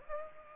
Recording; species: mosquito wingbeat signal from an infrared sensor; Aedes aegypti